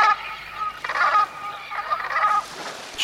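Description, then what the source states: Black Brant calls: nasal, rolling honks in several bursts with brief gaps between them. Black Brant, also called Pacific Brant, a small tidewater goose; some still winter on Puget Sound, but most now migrate to Baja California and mainland Mexico.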